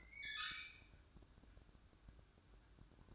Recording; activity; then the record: daily activity, microphone in the room; open fridge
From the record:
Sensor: 2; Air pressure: 1007.6 hPa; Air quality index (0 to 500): 49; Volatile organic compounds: 1 ppm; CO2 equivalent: 565 ppm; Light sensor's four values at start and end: 10/24/10/10 and 10/24/10/10